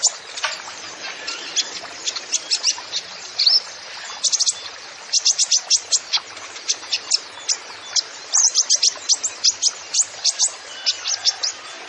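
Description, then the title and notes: Kolibri ninja song: fast series of sharp, high chirps and ticking notes, densest after five seconds. Masteran training recording for songbirds, song full of isian (fill-in phrases) and tembakan (rapid shot notes), bird described as gacor (singing vigorously), meant as pancingan to lure other birds into singing. "MASTERAN KOLIBRI NINJA TERBAIK FULL ISIAN DAN TEMBAKAN MEWAH COCOK BUAT PANCINGAN. Suara Burung Kolibri Ninja Gacor"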